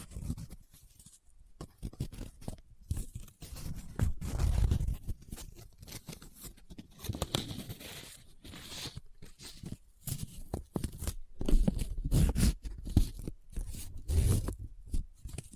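Paper is folded, rubbed and crinkled in irregular bursts of dry scraping and crackling, with brief quiet gaps and louder rustles near the end.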